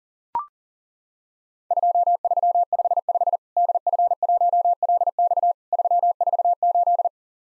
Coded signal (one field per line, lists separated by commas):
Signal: Morse code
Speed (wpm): 40 wpm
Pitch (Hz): 700 Hz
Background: none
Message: 2355 DF1LX 348